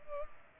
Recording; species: mosquito wingbeat signal from an infrared sensor; Culex pipiens